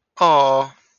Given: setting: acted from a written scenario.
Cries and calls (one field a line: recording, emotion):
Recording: vocal sound without words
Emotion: adoration